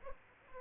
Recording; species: mosquito wingbeat signal from an infrared sensor; Aedes aegypti